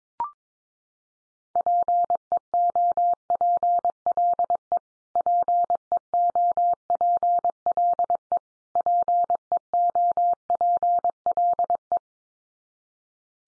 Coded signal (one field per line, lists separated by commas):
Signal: Morse code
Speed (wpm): 22 wpm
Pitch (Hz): 700 Hz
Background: none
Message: PEOPLE PEOPLE PEOPLE